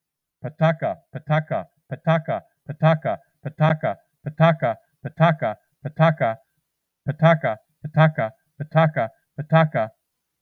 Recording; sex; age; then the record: repeated syllables /pa ta ka/; male; 50 to 59 years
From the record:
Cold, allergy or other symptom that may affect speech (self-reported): no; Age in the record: 57 years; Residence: North Carolina, United States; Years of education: 21